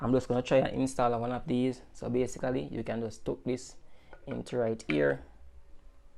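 Someone talks while handling a clear acrylic sheet at the slot of a plastic 3D LED night-light lamp base with remote control, getting ready to push the sheet in. Nothing has seated or clicked yet.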